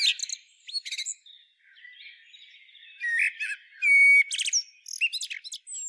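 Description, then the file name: Common blackbird song phrases, short warbled notes followed by thin, high squeaky twitters, several bursts with pauses between them. "Turdus merula"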